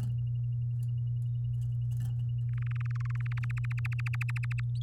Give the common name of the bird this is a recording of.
Domestic Canary